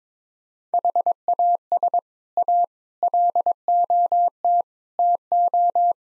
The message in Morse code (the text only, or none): HAS A LOT TO